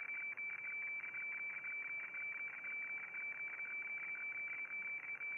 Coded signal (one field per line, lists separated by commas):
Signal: weather fax (radiofax)